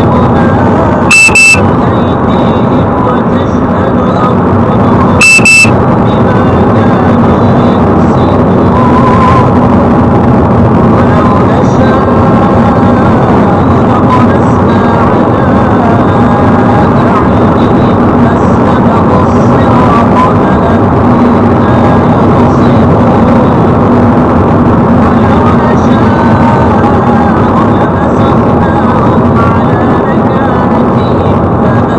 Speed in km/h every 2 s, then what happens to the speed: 114, 116, 115, 116, 117, 118, 119, 119, 120, 121, 114, 112, 108, 107, 107, 108.
0-19 steady at about 117. 19-23 slows to 108. 23-32 steady at about 107.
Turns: none.